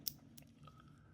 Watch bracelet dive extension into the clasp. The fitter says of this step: push it back in, it snaps into place.